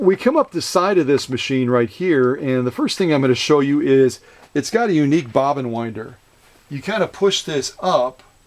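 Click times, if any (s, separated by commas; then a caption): none. A man talks while handling the bobbin winder on the side of a 1944 Free Westinghouse sewing machine, beginning to push it up toward its engaged position against the balance wheel. Only speech is heard, and nothing has locked or clicked into place yet.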